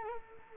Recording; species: mosquito wingbeat signal from an infrared sensor; Culex quinquefasciatus